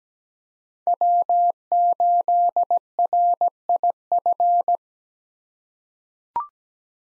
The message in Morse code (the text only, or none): W8RIF